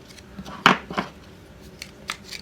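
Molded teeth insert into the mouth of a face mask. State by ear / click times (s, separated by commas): seated / 0.7 s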